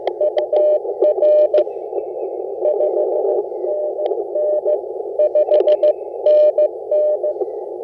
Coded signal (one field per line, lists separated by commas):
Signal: Morse code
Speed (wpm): 17 wpm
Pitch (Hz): 600 Hz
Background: none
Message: UR 5NN 5NN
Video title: FT8 POTA Field Setup with some slow CW IC-705 Digital Mode Activation Ham Radio Vertical Antenna